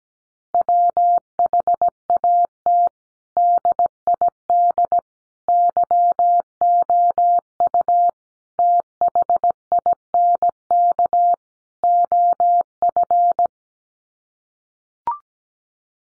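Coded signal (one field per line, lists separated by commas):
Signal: Morse code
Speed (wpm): 17 wpm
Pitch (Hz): 700 Hz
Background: none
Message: WHAT DID YOU THINK OF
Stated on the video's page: Head-copy drill of common five-word groups at 17 wpm, each sent in Morse, spoken, then sent again.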